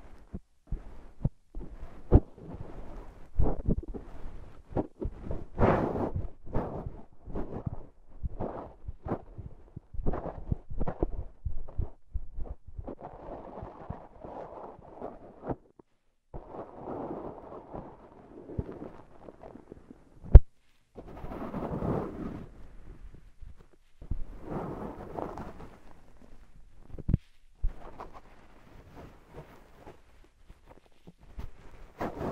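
Slime and sand being handled, with short squishy, crackling bursts packed tightly in the first half, then longer smeary squelching stretches with brief pauses between them. A sharp pop or click stands out near twenty seconds, and a few softer taps follow later.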